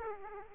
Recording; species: mosquito wingbeat signal from an infrared sensor; Aedes aegypti